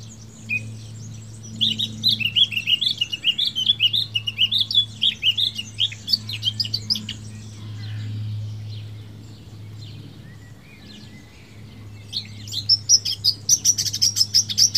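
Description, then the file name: Eurasian blackcap singing a rapid, varied warbling phrase of scratchy and clear notes, then a burst of high thin notes near the end, with a low background hum. "Sylvia atricapilla"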